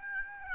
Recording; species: mosquito wingbeat signal from an infrared sensor; Aedes aegypti